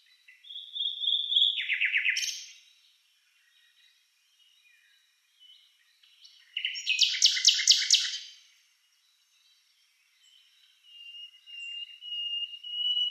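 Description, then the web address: Common nightingale song with loud chunky phrases of repeated notes every few seconds, then a thin, drawn-out whistle near the end. "Schulze Peter Common Nightingale song"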